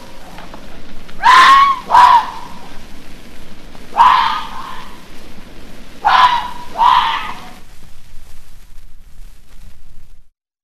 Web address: red fox